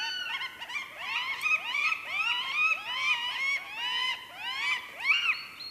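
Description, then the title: Northern goshawk calls: harsh, ringing notes that arch up and down, given in quick overlapping series throughout, rising and falling in loudness. "Kanahaukka"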